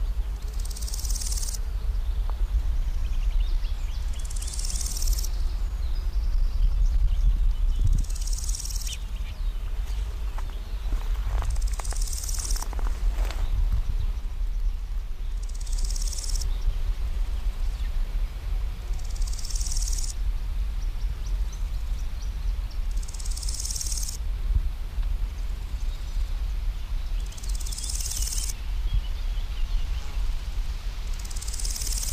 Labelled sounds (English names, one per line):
Large Gold Grasshopper stridulation